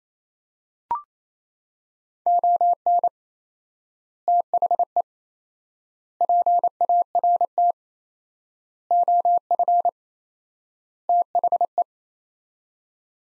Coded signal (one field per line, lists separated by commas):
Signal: Morse code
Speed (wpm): 27 wpm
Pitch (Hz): 700 Hz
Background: none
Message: ON THE PART OF THE